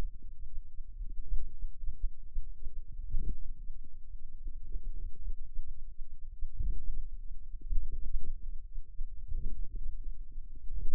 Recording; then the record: forearm muscle sounds (acoustic myography)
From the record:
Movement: outward rotation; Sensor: system 2, bracelet of six BSWA MPA416 microphones around the upper forearm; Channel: 5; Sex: male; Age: 22 years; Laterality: right